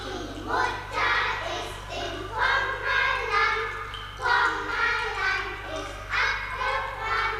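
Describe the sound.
A group of children in a park dance a ring-a-roses round (Ringelreihen) and sing together in bright, high voices, phrases rising and falling in a steady repeating rhythm, with a low constant hum running underneath.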